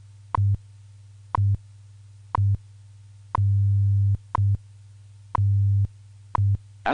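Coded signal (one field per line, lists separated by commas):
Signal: radio time signal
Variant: WWV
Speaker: at the tone 19 hours 1 minute coordinated Universal Time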